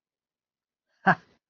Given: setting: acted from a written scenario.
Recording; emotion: vocal sound without words; relief